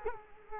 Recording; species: mosquito wingbeat signal from an infrared sensor; Culex quinquefasciatus